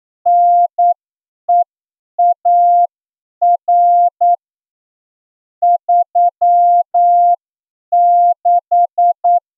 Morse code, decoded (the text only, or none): NEAR 36